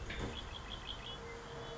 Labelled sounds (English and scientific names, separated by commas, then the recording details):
Red-winged Blackbird (Agelaius phoeniceus)
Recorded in Sonoma County, California